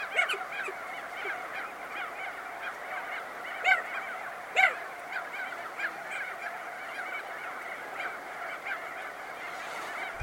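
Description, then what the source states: Crested auklet honking calls, a dense colony chorus of nasal, harmonic honks. A few louder calls stand out near four and five seconds over the steady din. Close-up recording.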